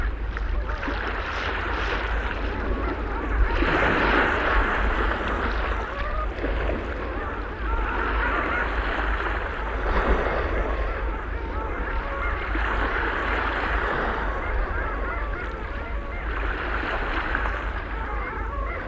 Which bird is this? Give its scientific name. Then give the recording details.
Clangula hyemalis. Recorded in the wild. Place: Dwasiden, Insel Rügen, Mecklenburg-Vorpommern, DE. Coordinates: 54.51, 13.62. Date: 1970-04-14 06:15. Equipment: Nagra III BH, Sennheiser MD 21, parabola. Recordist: Schubert, Michael